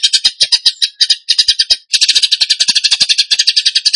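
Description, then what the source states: Bird song: quick, high, stuttering notes that build into a faster continuous chatter. Song in the 'tembakan gacor' style, used to train other birds.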